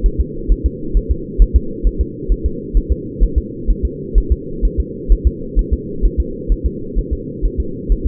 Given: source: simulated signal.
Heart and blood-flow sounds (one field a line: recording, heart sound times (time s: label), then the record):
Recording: fetal heart sounds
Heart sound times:
0.06 s: S1
0.20 s: S2
0.52 s: S1
0.66 s: S2
0.97 s: S1
1.11 s: S2
1.42 s: S1
1.56 s: S2
1.87 s: S1
2.01 s: S2
2.32 s: S1
2.46 s: S2
2.77 s: S1
2.92 s: S2
3.23 s: S1
3.38 s: S2
3.70 s: S1
3.85 s: S2
4.18 s: S1
4.32 s: S2
4.65 s: S1
4.80 s: S2
5.12 s: S1
5.27 s: S2
5.59 s: S1
5.73 s: S2
6.05 s: S1
6.20 s: S2
6.52 s: S1
6.66 s: S2
6.99 s: S1
7.13 s: S2
7.45 s: S1
7.60 s: S2
7.92 s: S1
8.07 s: S2
From the record:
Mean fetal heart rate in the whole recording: 130 bpm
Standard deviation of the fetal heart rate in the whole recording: 2 bpm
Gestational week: 36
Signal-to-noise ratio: -4.3 dB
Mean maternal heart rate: 72 bpm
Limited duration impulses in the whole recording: absent